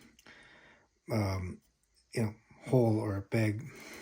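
A plastic tab of a transforming dinosaur toy is being handled toward its peg hole while someone talks. Only faint handling noises are heard between the speech, and nothing has seated or clicked yet.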